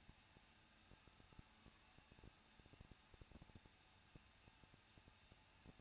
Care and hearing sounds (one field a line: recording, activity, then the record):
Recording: daily activity, microphone in the room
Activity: no activity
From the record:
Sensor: 2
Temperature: 21.0 degrees Celsius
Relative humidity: 37.4%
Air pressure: 1006.2 hPa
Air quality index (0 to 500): 222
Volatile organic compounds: 24 ppm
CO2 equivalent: 2821 ppm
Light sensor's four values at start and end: 2/3/2/2 and 2/3/2/2